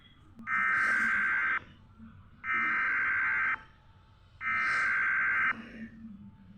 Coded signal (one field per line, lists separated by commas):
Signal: Emergency Alert System (SAME) tones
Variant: header bursts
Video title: eas:tornado warning